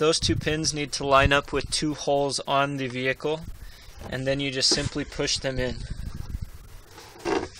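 Someone talks while lining up the two locating pins on the back of a taillight lens housing with two holes in the body of a 2002-2006 Chevy Trailblazer, ready to push them in. Quieter handling sounds follow the speech. The clip ends before the housing goes home, so nothing has seated or clicked yet.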